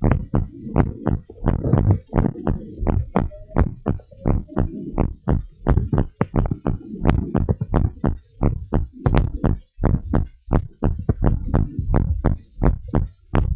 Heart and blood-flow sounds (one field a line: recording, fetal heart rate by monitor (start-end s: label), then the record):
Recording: heart sounds of a pregnant woman by stethoscope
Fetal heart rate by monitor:
no fetal heartbeat
From the record:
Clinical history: high fetal heart rate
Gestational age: 33 weeks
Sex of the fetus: boy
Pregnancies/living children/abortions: 2/0/1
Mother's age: 37 years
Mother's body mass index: 32.2